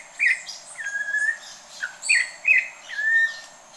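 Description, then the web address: Campo troupial calls: quick bright notes mixed with longer, level whistles in a lively, irregular sequence. "Campo Troupial. صدای-پرنده-پری-نارنجی-کامپو"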